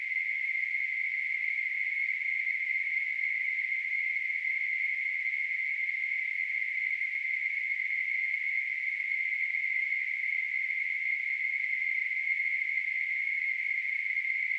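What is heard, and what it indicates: A simulated tinnitus sound: a steady, continuous high-pitched hiss concentrated in a narrow band around 2 kHz, with a faint band near 4 kHz, holding an unchanging level throughout.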